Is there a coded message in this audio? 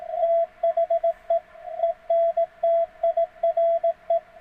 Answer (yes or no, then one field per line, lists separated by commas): yes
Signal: Morse code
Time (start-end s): 0.2-4.2 s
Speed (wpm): 18 wpm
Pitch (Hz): 660 Hz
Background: radio noise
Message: THE ENTIRE